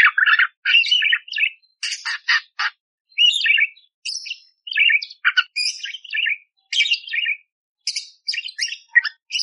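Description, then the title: Budgerigar warbling song, a continuous run of rapid chirps, squawks and clicks in uneven short bursts, varied and scratchy, with no other sounds in between. Masteran recording for training songbirds: clear, energetic, rough shot-like fill phrases, suited to tutoring magpie-robins; one hour long. "Masteran Burung Parkit Gacor Jernih Full Isian Tembakan Kasar Cocok Buat Kacer"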